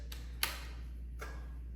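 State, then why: Seated. A zipper pull is brought across and pushed into a suitcase's built-in TSA combination lock, clicking into place at 0.4 s. A faint tick comes just before, at 0.1 s, and a softer tap follows at 1.2 s, all over a steady low hum. The pull is seated in the lock.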